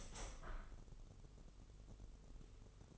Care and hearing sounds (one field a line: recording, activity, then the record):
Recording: daily activity, microphone in the room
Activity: open window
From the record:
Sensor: 4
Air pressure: 996.5 hPa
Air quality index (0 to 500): 75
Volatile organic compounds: 3 ppm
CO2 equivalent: 1404 ppm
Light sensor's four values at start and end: 19/53/20/22 and 20/54/21/22